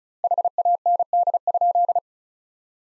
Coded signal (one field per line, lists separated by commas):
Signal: Morse code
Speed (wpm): 34 wpm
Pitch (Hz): 700 Hz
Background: none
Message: HAND?